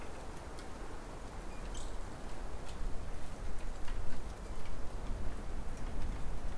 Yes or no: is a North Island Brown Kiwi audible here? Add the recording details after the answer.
no. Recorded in New Zealand on 14 October 2015. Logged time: 20:29. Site BN6